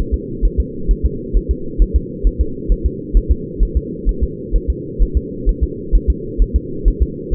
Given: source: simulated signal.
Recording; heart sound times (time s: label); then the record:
fetal heart sounds
0.14 s: S2
0.45 s: S1
0.60 s: S2
0.91 s: S1
1.05 s: S2
1.37 s: S1
1.51 s: S2
1.82 s: S1
1.96 s: S2
2.27 s: S1
2.41 s: S2
2.72 s: S1
2.86 s: S2
3.17 s: S1
3.31 s: S2
3.63 s: S1
3.77 s: S2
4.09 s: S1
4.23 s: S2
4.56 s: S1
4.70 s: S2
5.02 s: S1
5.17 s: S2
5.49 s: S1
5.63 s: S2
5.95 s: S1
6.10 s: S2
6.42 s: S1
6.56 s: S2
6.88 s: S1
7.02 s: S2
7.34 s: S1
From the record:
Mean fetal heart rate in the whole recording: 130 bpm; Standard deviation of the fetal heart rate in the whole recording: 2 bpm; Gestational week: 36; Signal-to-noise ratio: -4.3 dB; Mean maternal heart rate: 72 bpm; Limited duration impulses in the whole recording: absent